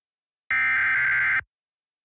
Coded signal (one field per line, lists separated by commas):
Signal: Emergency Alert System (SAME) tones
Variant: header bursts